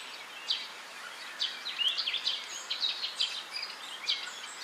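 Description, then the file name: Eurasian blackcap singing a hurried, scratchy warble of high, varied notes in fast bursts, with a constant background hiss. "Sylvia atricapilla"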